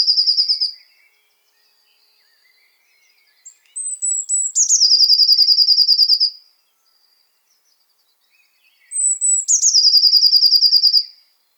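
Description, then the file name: Eurasian blue tit calls: a thin high note dropping into a long buzzy trill lasting about two seconds, heard twice, with a brief trill at the very start. "Cyanistes caeruleus"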